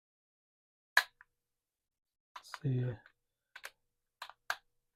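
Two halves of a plastic replica NECA Batman utility belt buckle are joined and then pulled apart, giving a sharp snap at 1.0 s as the buckle separates easily. A few quieter plastic clicks and rattles follow, and someone talks.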